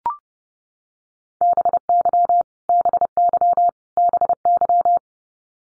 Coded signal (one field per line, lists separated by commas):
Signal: Morse code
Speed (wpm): 30 wpm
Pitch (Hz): 700 Hz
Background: none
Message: BY BY BY